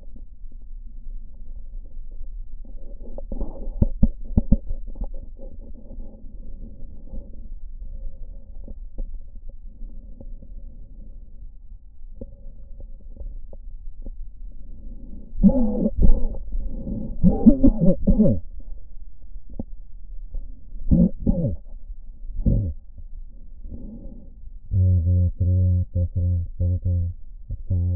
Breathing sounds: lung sounds by stethoscope; right posterior basal chest; quiet breathing, then cough and speech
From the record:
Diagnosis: none (healthy); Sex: male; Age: 34 years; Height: 174 cm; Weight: 93 kg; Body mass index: 30.7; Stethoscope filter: diaphragm mode

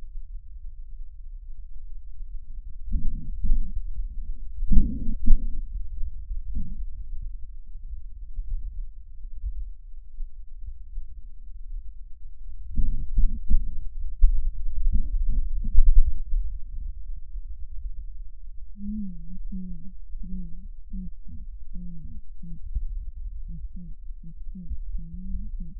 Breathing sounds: lung sounds by stethoscope; left anterior apical chest; quiet breathing, then cough and speech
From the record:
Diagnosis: asthma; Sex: female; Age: 56 years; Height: 161 cm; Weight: 85 kg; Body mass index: 32.8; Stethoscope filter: bell mode

